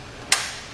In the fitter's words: to bring it back up all we really need to do is pull back up and it should snap into place letting you know it's nice and secure